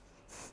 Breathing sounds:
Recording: one breath in and out by a microphone near the nose and mouth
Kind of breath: strong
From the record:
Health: marked as sick, illness not named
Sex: female

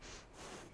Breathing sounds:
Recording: one breath in and out by a microphone near the nose and mouth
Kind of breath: strong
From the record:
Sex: female

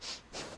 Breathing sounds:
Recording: one breath in and out by a microphone near the nose and mouth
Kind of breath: strong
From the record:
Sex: male

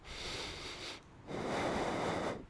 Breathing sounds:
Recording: one breath in and out by a microphone near the nose and mouth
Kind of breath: deep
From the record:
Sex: male

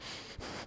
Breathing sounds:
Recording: one breath in and out by a microphone near the nose and mouth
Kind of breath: strong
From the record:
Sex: male

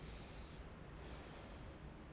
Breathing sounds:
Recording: one breath in and out by a microphone near the nose and mouth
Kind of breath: deep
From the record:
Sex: male

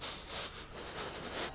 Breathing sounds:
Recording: one breath in and out by a microphone near the nose and mouth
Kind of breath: strong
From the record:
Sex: male

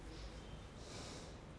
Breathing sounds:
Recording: one breath in and out by a microphone near the nose and mouth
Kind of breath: normal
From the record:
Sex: male

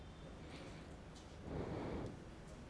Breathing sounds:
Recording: one breath in and out by a microphone near the nose and mouth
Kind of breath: normal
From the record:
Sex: male

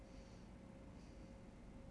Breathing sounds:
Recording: one breath in and out by a microphone near the nose and mouth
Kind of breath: normal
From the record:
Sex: male

